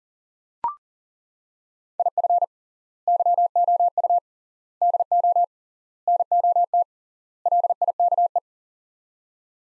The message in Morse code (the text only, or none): IF YOU DO NOT LIKE